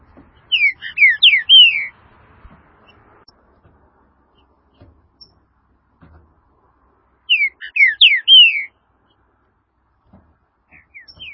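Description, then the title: Green-winged saltator song: two loud phrases of quick, slurred, down-sweeping whistles, each about a second long, separated by several seconds of near silence with faint low knocks. "Trinca Ferro"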